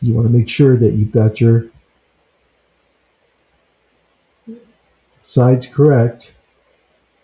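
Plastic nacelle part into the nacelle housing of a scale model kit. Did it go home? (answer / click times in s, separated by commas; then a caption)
no / none. Someone talks while lining up the second plastic nacelle part for the nacelle housing of a scale model kit, checking its orientation before pushing it into the two notches. The part is handled quietly between bursts of speech, and nothing has seated or clicked yet.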